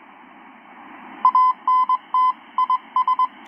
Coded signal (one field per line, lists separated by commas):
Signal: Morse code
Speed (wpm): 21 wpm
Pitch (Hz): 1020 Hz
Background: none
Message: ANTIS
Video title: 10M SSB Transceiver is inhaling RF